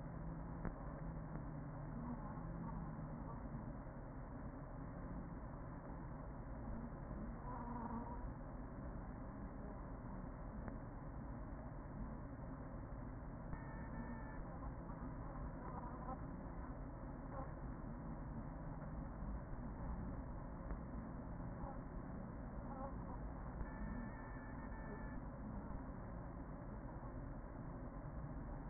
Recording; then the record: honeybee colony, microphone inside the hive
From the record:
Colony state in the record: queen present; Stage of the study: after two queens were removed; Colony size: about 40,000 bees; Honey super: no